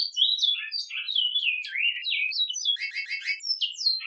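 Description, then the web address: Great-billed seed-finch song, a fast unbroken run of slurred whistles sweeping up and down, broken by a dense buzzy stuttered trill near the end. Brotero song style. "cantos brotero"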